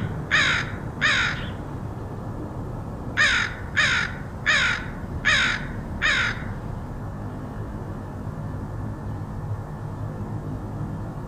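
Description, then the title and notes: Crow giving harsh caws, two, then a pause, then five in a row, followed by several seconds of low background rumble. Crows recorded in Portland, Oregon, in August 2003. "Crows of Portland. Crows recorded by Dan Bodah in Portland, OR, August 2003"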